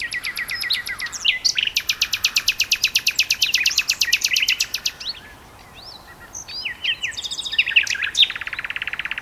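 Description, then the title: Common nightingale song: a long, fast series of repeated loud notes, then a brief pause before varied whistled and chattering phrases resume from two singers. Two nightingales singing in duet on Westleton Heath. "sanderson. nightingale duet on westleton heath"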